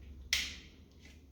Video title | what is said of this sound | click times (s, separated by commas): Ikea Easy Cabinet Drawers | You heard the click, it's good. | 0.3 s